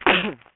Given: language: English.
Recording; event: throat vibration sensor signal played as sound; cough